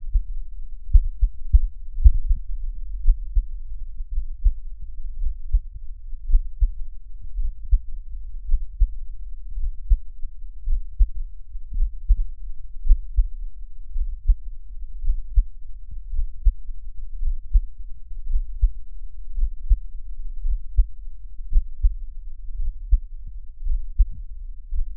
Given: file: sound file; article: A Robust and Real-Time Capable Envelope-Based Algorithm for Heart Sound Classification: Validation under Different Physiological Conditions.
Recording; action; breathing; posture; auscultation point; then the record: heart sounds by electronic stethoscope; rest; normal; lying on back; Erb’s point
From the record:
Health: healthy, no known heart disease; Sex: male